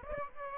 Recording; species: mosquito wingbeat signal from an infrared sensor; Aedes aegypti